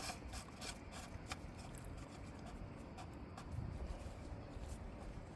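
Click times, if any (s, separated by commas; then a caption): none. The oil filter housing cap on a Dodge Durango GT AWD 3.6L is threaded by hand into the engine filter housing until snug, to be torqued to 18 ft-lb later. Soft rubbing and scraping play over a steady low rumble, with brief light ticks near 1.3, 1.8, 1.9 and 3.4 seconds. Nothing has seated or clicked yet.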